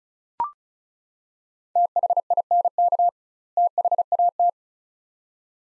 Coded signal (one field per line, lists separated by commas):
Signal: Morse code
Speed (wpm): 34 wpm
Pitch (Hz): 700 Hz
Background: none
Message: THINK THAT